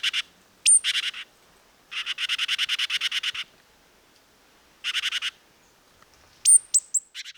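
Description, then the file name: Great tit scolding with short runs of rapid buzzy churring notes, spaced by pauses, with sharp high thin whistles near the end. "Parus major"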